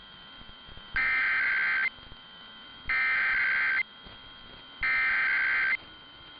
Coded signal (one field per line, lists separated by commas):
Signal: Emergency Alert System (SAME) tones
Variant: header bursts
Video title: [EAS #2025-#2029] The First San Diego Monthly Tests & KPWR Weekly Test for 2023